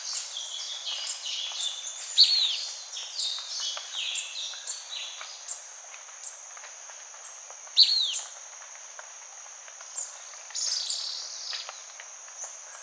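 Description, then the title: Blackish pewee uttering two loud, quick downslurred notes several seconds apart amid a busy chorus of high chirps and trills from other birds. Subspecies nigrescens. "LuckyPassaro Completos2Sama. Blackish Pewee (Contopus nigrescens nigrescens)"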